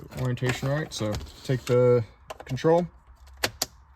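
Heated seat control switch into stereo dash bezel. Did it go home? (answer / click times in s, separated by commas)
yes / 3.4 s, 3.6 s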